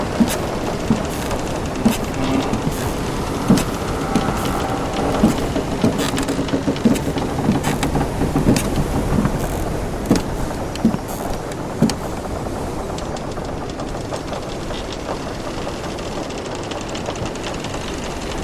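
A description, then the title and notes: Wooden creaks and knocks on a pirate ship over a steady wash of waves, busiest in the first twelve seconds, then calmer. Sailing On a Pirate Ship: Adventure on the High Seas.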